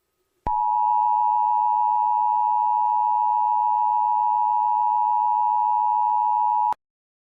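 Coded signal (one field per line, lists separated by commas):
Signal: Emergency Alert System (SAME) tones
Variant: 853 and 960 Hz attention tone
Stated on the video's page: Fictional EAS scenario for entertainment, not a real alert.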